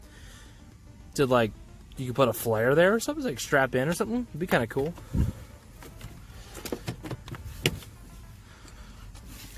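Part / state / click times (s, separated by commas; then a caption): LED toggle switch into interior dash trim panel / seated / 7.7 s. Someone talks while a plastic LED toggle switch with side tabs is pushed into its mounting spot in the interior dash trim panel of a 2014 Scion xB. Soft handling clicks follow, then a sharp snap at 7.7 s as the switch pops in and seats in the panel.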